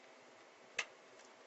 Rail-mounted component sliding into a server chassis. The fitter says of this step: you should hear it click it should be in place go